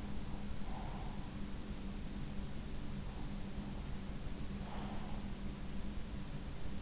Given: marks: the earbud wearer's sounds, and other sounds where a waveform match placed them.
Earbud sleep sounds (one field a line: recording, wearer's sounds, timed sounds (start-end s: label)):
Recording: sounds in sleep by an in-ear microphone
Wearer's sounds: breath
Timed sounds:
0.48-1.71 s: breath
4.34-5.28 s: breath